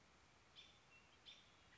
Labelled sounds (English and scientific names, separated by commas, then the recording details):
American Robin (Turdus migratorius)
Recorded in Sonoma County, California